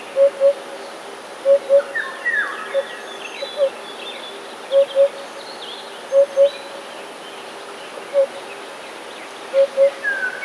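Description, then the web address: Eurasian hoopoe giving paired low hollow hoots at uneven intervals, some notes single, over a chorus of other songbirds. "wroblowe kolekcja dudek"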